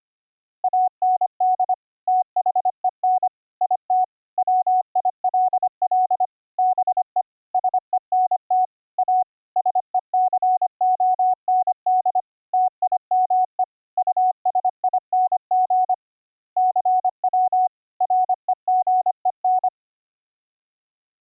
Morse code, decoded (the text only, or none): AND THEN IT WILL BE SENT A SECOND TIME USING CW REGEN